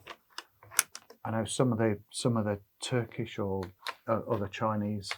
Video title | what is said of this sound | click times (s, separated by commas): Remington Spirit X: Bullpup Bargain or Bullpup Blunder? - Range and Country | yeah it was it's just slot it in Click | 0.8 s